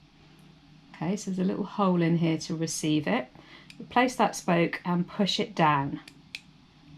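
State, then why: Seated. The male half (spoke) of a jersey snap fastener is pushed down into the hole of the applicator die while someone talks. A single short, sharp click is heard at 6.4 seconds as the stud seats in the die.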